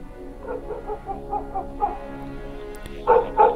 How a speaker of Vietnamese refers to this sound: Ấy thế nào, tiếng chó sủa lại vang lên.